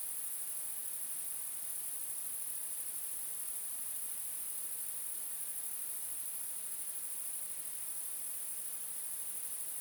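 Bush cricket: steady high hiss of bush crickets stridulating, one constant sizzling drone with no breaks or other sounds.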